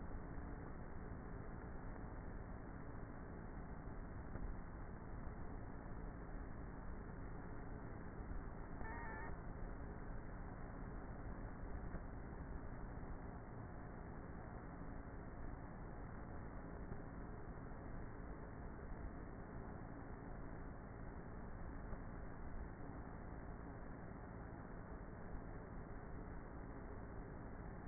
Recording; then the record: honeybee colony, microphone inside the hive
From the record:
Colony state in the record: queenless with a low population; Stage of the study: before two queens were removed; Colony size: about 30,000 bees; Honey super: no